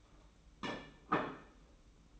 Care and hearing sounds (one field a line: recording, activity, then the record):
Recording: daily activity, microphone in the room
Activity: place plate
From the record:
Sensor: 1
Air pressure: 991.8 hPa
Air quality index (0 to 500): 165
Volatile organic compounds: 1000 ppm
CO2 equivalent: 6186 ppm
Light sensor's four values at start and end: 29/98/38/38 and 29/98/38/38